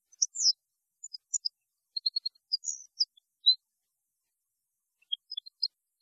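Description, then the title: European goldfinch song: scattered high tinkling chirps and short twitters, a burst near the start, a run in the middle, a pause, then a few more notes; no other sounds. "Chant Chardonneret"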